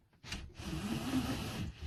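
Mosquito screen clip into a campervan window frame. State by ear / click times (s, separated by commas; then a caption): not seated / none. A plastic clip on a campervan window's mosquito screen or blind is handled against the window frame, producing a short knock at 0.3 s followed by a steady rubbing, scraping noise. Nothing has seated or clicked yet.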